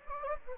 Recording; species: mosquito wingbeat signal from an infrared sensor; Anopheles gambiae